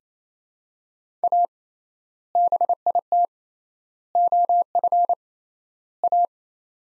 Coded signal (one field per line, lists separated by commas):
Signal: Morse code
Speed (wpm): 28 wpm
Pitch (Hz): 700 Hz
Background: none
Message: A BIT OF A